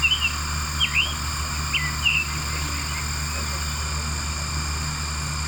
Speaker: that's the male summer tanager singing.